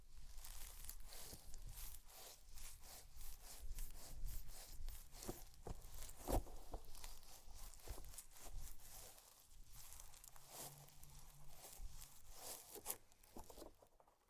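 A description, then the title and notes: Slime being squished and stretched, with dense, irregular sticky crackles and wet pops throughout, plus a brief low hum near eleven seconds. ASMR SLIME! 5 Satisfying Slimes.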